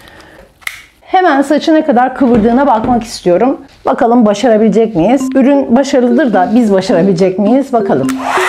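The ceramic brush head of an Arzum Volume Pro 5063 hot air styler is released from the styler body by pressing the release button and twisting. It comes off with a sharp click at 0.7 s, and then someone talks.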